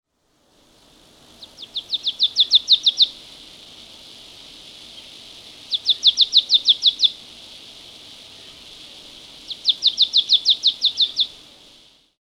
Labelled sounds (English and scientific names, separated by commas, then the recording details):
Marsh Tit (Poecile palustris)
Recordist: Tembrock, Günter
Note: Gesang